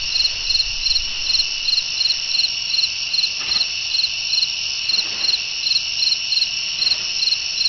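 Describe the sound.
Cricket chirping: a high, ringing pulsed trill repeating steadily throughout, over soft low background noise.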